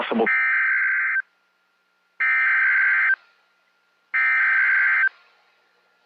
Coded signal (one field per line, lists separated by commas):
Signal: Emergency Alert System (SAME) tones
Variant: header bursts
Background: speech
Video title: Tornado Watch #50 on WXJ97 & ArkLaTex Weather TV. [EAS #1104]